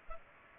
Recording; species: mosquito wingbeat signal from an infrared sensor; Culex pipiens